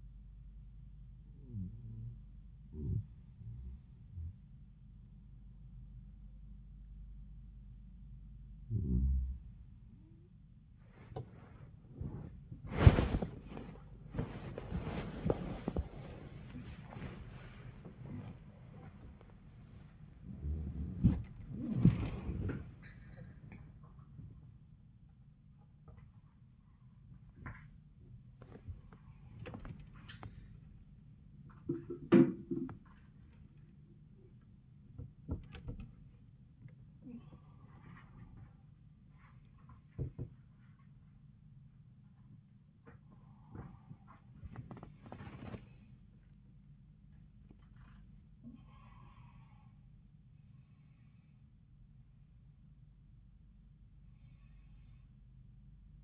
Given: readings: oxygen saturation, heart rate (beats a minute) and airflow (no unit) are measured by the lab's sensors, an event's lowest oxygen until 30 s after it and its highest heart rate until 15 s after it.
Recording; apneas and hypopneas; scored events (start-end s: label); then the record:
a person awake in a sleep study, by a smartphone at the bedside; none
0.00-56.04 s: awake
From the record:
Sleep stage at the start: awake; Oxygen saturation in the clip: 94 to 97%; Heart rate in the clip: 58 to 124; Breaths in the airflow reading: 9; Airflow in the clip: -16.5 to 16.8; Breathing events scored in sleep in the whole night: 400 in 8.7 hours asleep